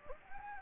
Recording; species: mosquito wingbeat signal from an infrared sensor; Anopheles gambiae